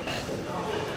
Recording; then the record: coughing mixed with background sound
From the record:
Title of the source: 61 morning phlegmy cough...again